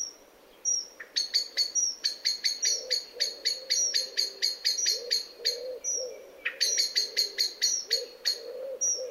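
Bird calling with quick runs of sharp, high chirping notes, broken by brief high whistled notes between the bursts, against a low background hum.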